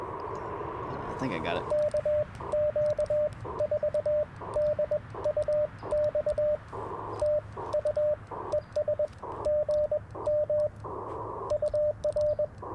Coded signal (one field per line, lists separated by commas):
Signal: Morse code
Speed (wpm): 21 wpm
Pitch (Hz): 600 Hz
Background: speech, radio noise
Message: KQ4DUX TU ES GM UR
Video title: Morning Morse Code - 12/12/2024